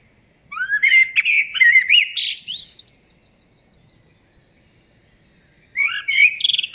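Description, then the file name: Common blackbird song: a fluted, warbling phrase rising from low to mid pitch, ending in a high scratchy twitter, then a second phrase begins after a pause. "Turdus merula"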